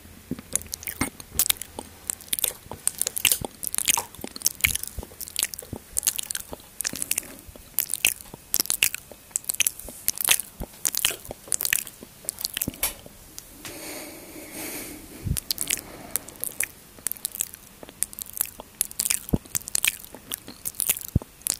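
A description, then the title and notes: Intense mouth sounds: wet clicks, smacks and crunchy chewing bites arrive in a dense, irregular stream, several per second, with sharp bright edges. Around 13 to 15 seconds the clicks thin out into a softer, smeared rustle before the rapid smacking resumes. Very intense mouth Sounds ASMR.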